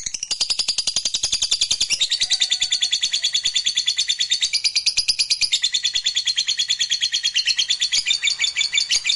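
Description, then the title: Lovebird chattering song: a rapid, unbroken stream of harsh high pulses, varying between raspy and squeaky phrases. Lovebird sound meant to stimulate a lazy, reluctant lovebird into singing spontaneously and eagerly. "LOVEBIRD Malas Bunyi JADI GREGET SPONTAN Langsung NARIK"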